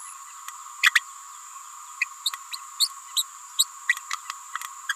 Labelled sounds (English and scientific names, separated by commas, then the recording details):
Green-rumped Parrotlet (Forpus passerinus) babbling
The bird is a female
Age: 28 days
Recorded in a nest box in Venezuela
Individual 17B31A3